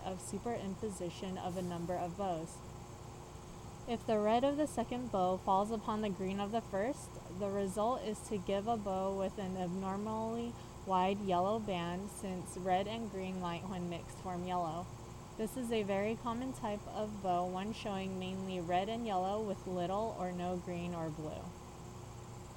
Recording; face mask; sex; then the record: reading aloud; surgical mask; female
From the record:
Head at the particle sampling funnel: tilted up or above it, chin in front of it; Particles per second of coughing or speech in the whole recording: 0.0109